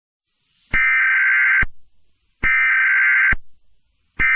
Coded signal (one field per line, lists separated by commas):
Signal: Emergency Alert System (SAME) tones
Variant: header bursts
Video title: I INTERRUPT @yellowintention2k9 FOR INTERRUPTING WITH EMERGENCY ALERT SYSTEM OUT OF ME!!